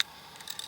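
A metal UCO Micro candle lantern housing is pulled open, extending it and sliding it open over its glass globe to expose the globe. Three small, sharp snaps are heard at 0.0, 0.5 and 0.6 seconds. The lantern housing snaps open.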